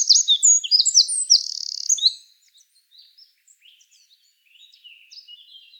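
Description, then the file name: Eurasian wren song: a loud, very high burst of rapid notes and trills lasting about two seconds, then faint scattered high notes. "Troglodytes troglodytes"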